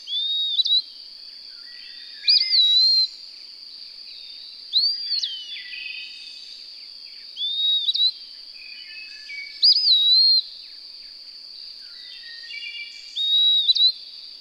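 Bird repeatedly singing short looping whistles, about six phrases spaced a few seconds apart, over an unbroken high-pitched hiss.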